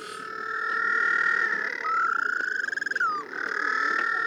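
White-flippered penguin braying: long harmonic tones that hold steady, then a pulsing throbbing section near the middle, and the steady tone returns at the end.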